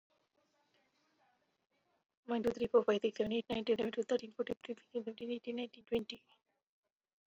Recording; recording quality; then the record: counting at a fast pace; excellent, no background noise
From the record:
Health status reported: COVID-19 positive, mild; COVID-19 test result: positive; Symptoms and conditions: cough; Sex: female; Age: 54 years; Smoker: not ticked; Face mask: not worn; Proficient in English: yes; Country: India